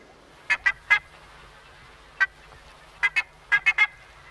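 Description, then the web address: Buff-necked ibis calling with loud nasal honks in groups of one to three, with pauses between groups. "darwin 2009. Buff Necked Ibis"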